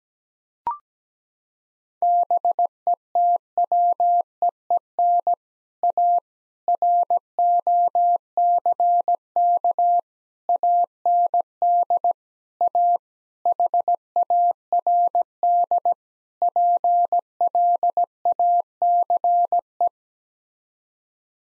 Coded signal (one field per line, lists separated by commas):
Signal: Morse code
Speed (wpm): 17 wpm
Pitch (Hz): 700 Hz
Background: none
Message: BETWEEN A ROCK AND A HARD PLACE